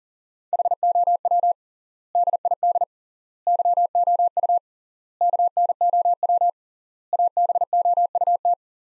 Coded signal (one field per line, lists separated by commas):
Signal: Morse code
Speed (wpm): 37 wpm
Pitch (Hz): 700 Hz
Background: none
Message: HOW DID YOU KNOW ABOUT